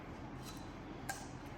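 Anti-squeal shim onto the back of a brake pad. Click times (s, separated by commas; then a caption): 1.1 s. A metal anti-squeal shim is pressed onto the back of a Racing Line brake pad from a big brake kit for an MK7-R. A single sharp, bright click sounds at 1.1 s over a steady low background hum as the shim seats into place.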